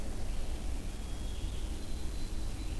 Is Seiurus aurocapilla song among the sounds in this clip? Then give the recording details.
no. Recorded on 22 June 2016 at 07:11. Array SBT-6-76